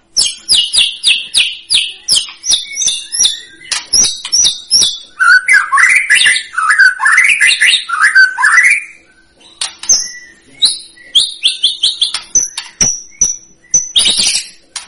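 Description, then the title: White-rumped shama: songbird song: rapid high chattering notes and clicks, a loud mid-pitched warbled passage in the middle, then more quick high chips and short whistles. Lure recording of a strongly singing bird, meant to provoke a response. "PANCINGAN MEWAH MURAI BATU GACOR, SEKALI DENGAR AMPUH LANGSUNG RESPON"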